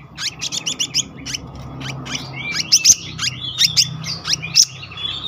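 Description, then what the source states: Selendang biru song, fast high chips and short downslurred whistles strung together in quick succession over a low background hum. Continuous rolling song style called gacor ngeroll, with isian.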